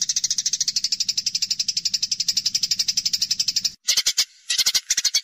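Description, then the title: Eurasian tree sparrow giving a dense, rapid train of high, scratchy chirps, broken by a short silence near the end, then more uneven chirp bursts. Tree sparrow chirping persistently in dense, rapid 'nyecret' chirps; masteran recording used to tutor songbirds such as Medan white-rumped shama and greater green leafbird. "Burung Gereja Gacor Nyecret Rapat !!! Masteran Burung Murai Batu Medan, Cucak Ijo Dll."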